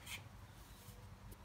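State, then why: Not seated. A plastic door molding for a 1999–2005 BMW E46 (325, 323, 328, 330) is handled against the door with its clips aligned, ready to be hit hard with a fist to clip it into place. Soft rubbing and handling noise sits over a low steady hum, with faint brief scrapes near 0.1 and 1.3 seconds. Nothing has seated or clicked yet.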